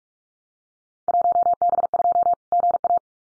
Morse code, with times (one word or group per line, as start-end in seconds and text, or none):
1.1-2.3 1B2
2.5-3.0 GA